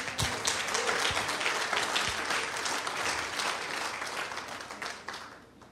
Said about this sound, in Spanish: Denle un aplauso al Señor, hermanos.